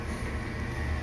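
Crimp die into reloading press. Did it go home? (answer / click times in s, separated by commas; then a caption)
no / none. A metal crimp die is handled as it is set into a reloading press, before being turned to lock. Only a steady, low, broadband noise with a low-frequency hum is heard, with no distinct impacts. Nothing has seated or clicked yet.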